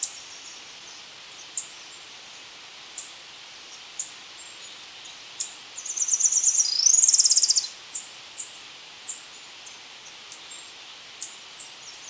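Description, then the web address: Tropical parula singing one high, fast, buzzy trill that climbs in pitch near its close, surrounded by sparse, thin, high-pitched chip notes. Ecuador, South America. "Birds of Ecuador. Tropical Parula"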